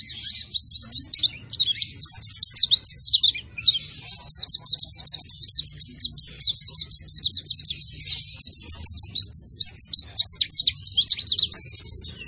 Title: Pleci Gacor 14. Pleci Gacor Tanpa Doping Hanya Pake Pisang